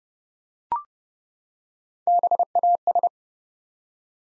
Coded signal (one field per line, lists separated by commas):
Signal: Morse code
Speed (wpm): 30 wpm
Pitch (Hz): 700 Hz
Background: none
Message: BAS